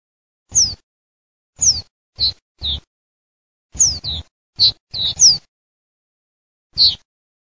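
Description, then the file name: Common reed bunting giving thin, high, down-slurred calls, singly or in quick pairs, spaced irregularly over several seconds with silence between. "MIGLIARINO"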